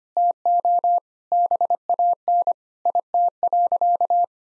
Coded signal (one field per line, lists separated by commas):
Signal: Morse code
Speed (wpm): 25 wpm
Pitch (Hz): 700 Hz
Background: none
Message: TO BAN IT.